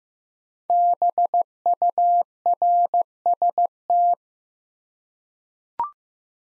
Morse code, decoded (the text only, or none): BURST